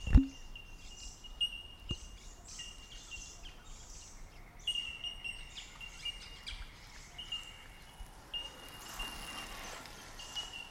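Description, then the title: Bell miners keep up high, bell-like tinking throughout, after a sharp thump at the start; a soft rushing noise rises near the end. Many bell miners all around along one stretch of a track. "Fernleigh Track Bellbirds"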